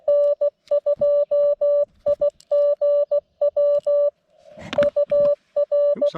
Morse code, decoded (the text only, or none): N2IGW UR